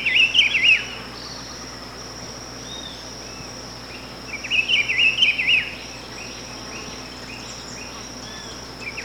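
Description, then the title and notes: Rufous-browed Peppershrike song, short bright warbled phrases repeated every few seconds, with soft faint chirps and a steady shrill insect tone in the background. Call (pio). "Áudio do pio do pitiguari. Fonte: WikiAves."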